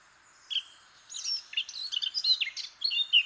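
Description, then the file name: Eurasian blackcap song: quick scratchy and whistled notes in a busy, varied stream that grows louder toward the end. "Sylvia atricapilla"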